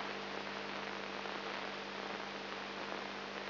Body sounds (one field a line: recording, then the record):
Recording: brain microelectrode recording played as sound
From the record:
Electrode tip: inside the subthalamic nucleus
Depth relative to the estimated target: 2 mm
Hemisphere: left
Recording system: AlphaMap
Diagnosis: Parkinson's disease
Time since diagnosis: 14 years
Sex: male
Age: 59 years